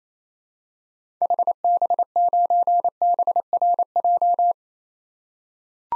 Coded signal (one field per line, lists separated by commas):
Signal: Morse code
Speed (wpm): 27 wpm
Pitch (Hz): 700 Hz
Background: none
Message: HB9BRJ